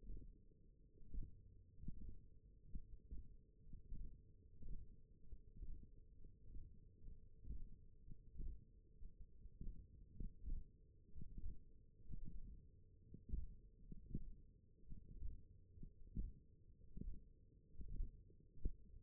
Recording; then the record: forearm muscle sounds (acoustic myography)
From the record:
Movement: finger pinch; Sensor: system 1, eight BSWA MPA416 microphones around the upper forearm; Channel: 4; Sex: male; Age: 21 years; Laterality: right